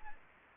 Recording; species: mosquito wingbeat signal from an infrared sensor; Culex quinquefasciatus